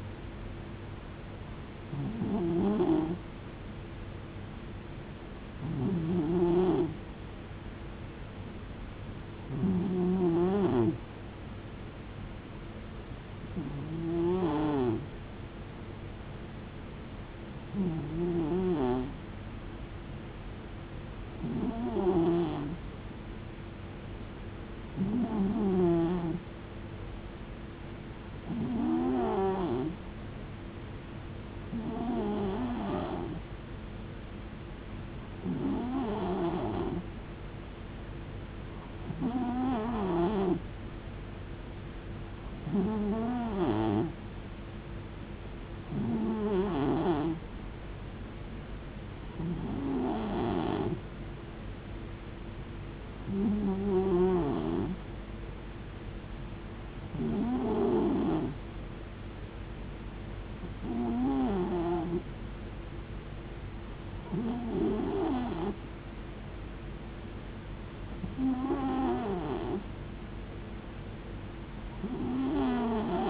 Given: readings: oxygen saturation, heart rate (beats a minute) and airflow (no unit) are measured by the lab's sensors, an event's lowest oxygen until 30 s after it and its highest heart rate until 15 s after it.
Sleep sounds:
breathing in sleep by a voice recorder at the bedside; none
none scored
From the record:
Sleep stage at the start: N2 (light sleep); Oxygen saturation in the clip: 90 to 92%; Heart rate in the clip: 64 to 75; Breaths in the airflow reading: 19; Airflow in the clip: -4.8 to 3.7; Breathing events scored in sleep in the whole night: 389 in 6.3 hours asleep

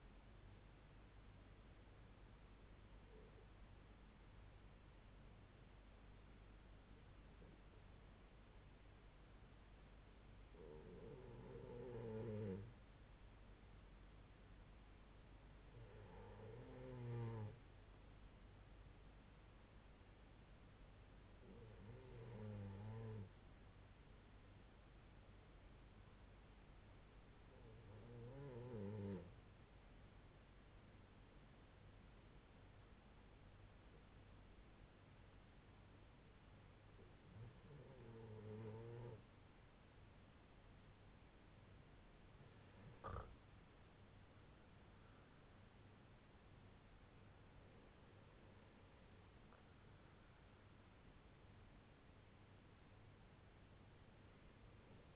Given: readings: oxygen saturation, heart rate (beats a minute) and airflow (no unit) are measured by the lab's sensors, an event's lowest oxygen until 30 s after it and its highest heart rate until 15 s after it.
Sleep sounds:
breathing in sleep by a voice recorder at the bedside; 2
3.00-18.40 s: hypopnea (N2, oxygen 94% highest, then 90% lowest, heart rate 71 at the start, 72 highest)
29.00-43.50 s: hypopnea (N2, oxygen 92% highest, then 88% lowest, heart rate 69 at the start, 75 highest)
From the record:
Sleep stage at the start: N2 (light sleep); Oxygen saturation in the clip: 89 to 94%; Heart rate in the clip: 63 to 75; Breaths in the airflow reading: 9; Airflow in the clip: -6.5 to 7.2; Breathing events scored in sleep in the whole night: 368 in 8.0 hours asleep

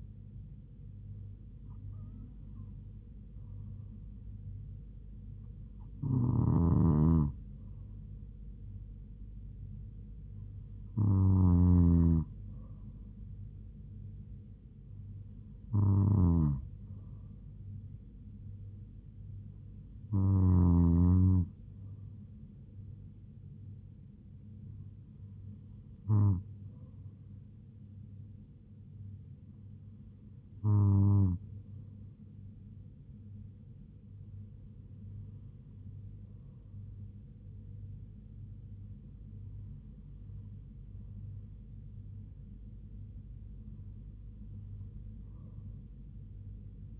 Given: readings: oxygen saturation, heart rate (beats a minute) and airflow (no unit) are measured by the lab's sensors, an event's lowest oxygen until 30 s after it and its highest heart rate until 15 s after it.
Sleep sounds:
breathing in sleep by a smartphone at the bedside; none
none scored
From the record:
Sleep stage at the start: N2 (light sleep); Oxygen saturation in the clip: 96 to 97%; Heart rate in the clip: 72 to 79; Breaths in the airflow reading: 10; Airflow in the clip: -3.5 to 2.8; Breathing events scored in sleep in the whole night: 158 in 7.3 hours asleep

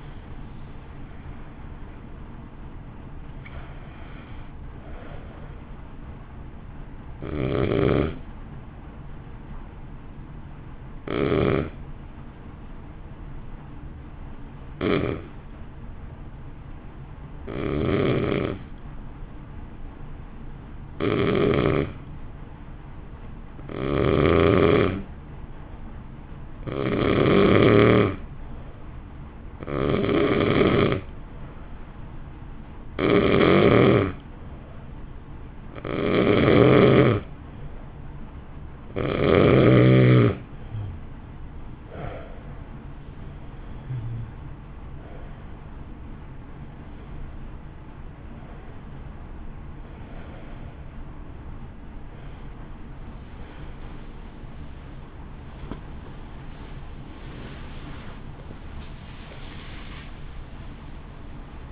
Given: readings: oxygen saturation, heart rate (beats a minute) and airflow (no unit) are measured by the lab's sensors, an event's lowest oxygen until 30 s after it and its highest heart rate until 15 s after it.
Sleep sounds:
breathing in sleep by a smartphone at the bedside; 1
9.00-40.10 s: hypopnea (N2, oxygen 95% highest, then 88% lowest, heart rate 52 at the start, 60 highest)
38.00-61.72 s: new sleep stage, awake
42.00-61.72 s: awake
From the record:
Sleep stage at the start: N2 (light sleep); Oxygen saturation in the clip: 86 to 95%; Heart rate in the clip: 50 to 60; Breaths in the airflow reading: 20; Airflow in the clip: -1.6 to 2.8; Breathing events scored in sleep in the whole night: 328 in 6.3 hours asleep

